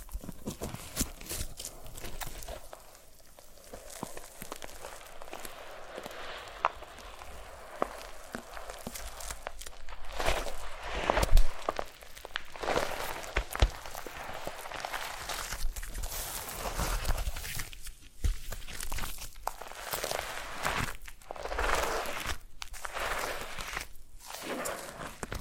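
Foam being rubbed and squeezed in a massage, making soft crinkling, crunchy rustles that come in irregular bursts throughout. The texture is mostly mid to bright and fairly dense, with a few sharper crackles near 11 and 13 seconds and brief quieter gaps around 18 and 22 seconds.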